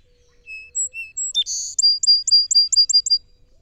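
Song sparrow delivering a few clear whistles, a harsh buzzy note, then a rapid series of about seven sharp chips; a soft low tone hums early on.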